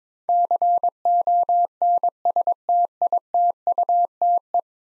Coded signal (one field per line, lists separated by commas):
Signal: Morse code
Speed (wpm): 22 wpm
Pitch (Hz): 700 Hz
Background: none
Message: CONSTITUTE